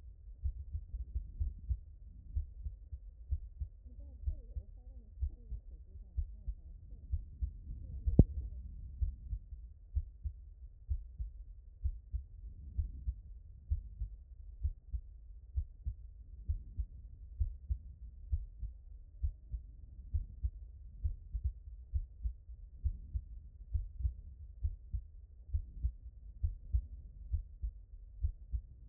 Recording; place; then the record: heart sounds by stethoscope; pulmonary valve (PV)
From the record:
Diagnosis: non-HFrEF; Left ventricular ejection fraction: 58%